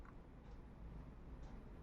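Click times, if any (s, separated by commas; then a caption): none. A metal retaining clip is placed into its seat on a ceramic tap valve cartridge and positioned with a screwdriver before being pressed home. Only a faint hit is heard, around 0.1 s, over a low steady background. The clip has not yet snapped or clicked into place.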